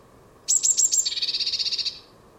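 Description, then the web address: Bird singing one phrase: three or four sharp, very high notes, then a fast, even trill of repeated notes lasting about a second. "cianscape birddata Deverinetal 2025 Bird Only Cy Ca"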